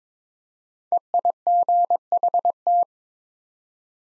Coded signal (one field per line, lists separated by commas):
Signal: Morse code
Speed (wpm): 22 wpm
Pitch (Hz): 700 Hz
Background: none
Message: EIGHT